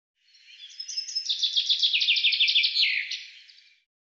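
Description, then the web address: Bird giving a fast run of sharp, high chirps that swells in loudness, peaks, then fades away, with no other sounds present. "Deverinetal 2025 File cleaned normalized Bird Fr Co"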